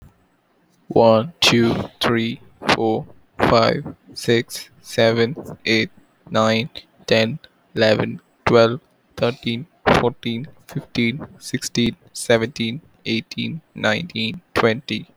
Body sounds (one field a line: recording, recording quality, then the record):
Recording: counting at a normal pace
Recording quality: excellent, no background noise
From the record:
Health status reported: exposed to COVID-19, no respiratory illness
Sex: male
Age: 22 years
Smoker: no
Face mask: not worn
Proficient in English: yes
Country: India